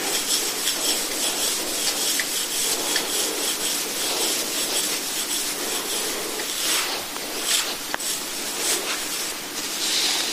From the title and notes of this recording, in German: Sanfte Massageklänge. Klänge der Massageinstrumente.